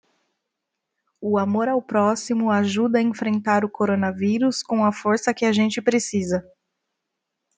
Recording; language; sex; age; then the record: spoken sentence; Brazilian Portuguese; female; 20 to 29 years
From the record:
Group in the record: control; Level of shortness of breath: 0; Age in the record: 29 years